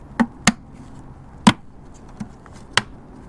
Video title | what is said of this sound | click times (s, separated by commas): How to replace the rear indicator tail and brake light bulbs on a Mk5 Golf R32 LED | three good solid clicks there again | 0.5 s, 1.5 s, 2.8 s